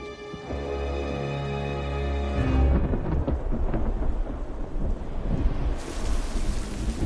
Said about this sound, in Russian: Дина пережидает дождь, сидя в пещере.